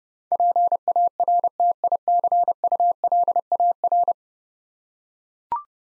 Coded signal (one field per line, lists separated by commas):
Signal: Morse code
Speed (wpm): 30 wpm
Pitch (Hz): 700 Hz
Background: none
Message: PARTICULAR